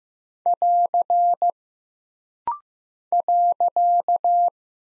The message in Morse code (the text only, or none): <AR> .